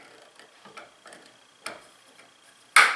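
A loose wooden tenon that was pounded part way into the mortise of a jig is pressed in by hand the rest of the way. Faint light ticks and taps lead up to a sharp, loud knock at 2.8 s as the tenon is pressed fully home and seats.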